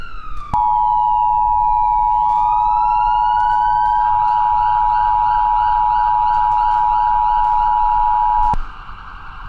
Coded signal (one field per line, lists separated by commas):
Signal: Emergency Alert System (SAME) tones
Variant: 853 and 960 Hz attention tone